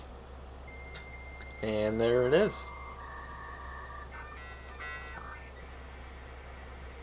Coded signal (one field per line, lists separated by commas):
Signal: dial-up modem handshake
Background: speech